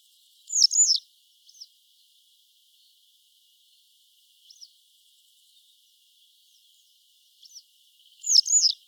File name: Motacilla flava